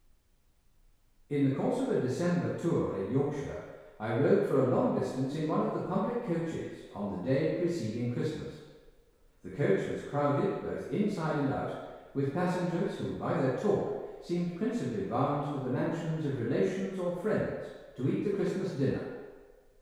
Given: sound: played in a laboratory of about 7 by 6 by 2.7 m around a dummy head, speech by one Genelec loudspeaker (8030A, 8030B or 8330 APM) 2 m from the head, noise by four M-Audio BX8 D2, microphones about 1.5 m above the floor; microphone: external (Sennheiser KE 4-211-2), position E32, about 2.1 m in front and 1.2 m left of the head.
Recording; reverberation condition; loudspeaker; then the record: male speech in English; high; 60 degrees to the left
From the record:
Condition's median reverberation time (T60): about 1300 ms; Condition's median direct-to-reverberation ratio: about -4.0 dB